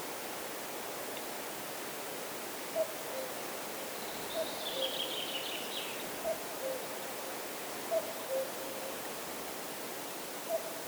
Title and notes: cuckoo, Arkhangelsk Region, Russia. кукушка, в районе реки Лая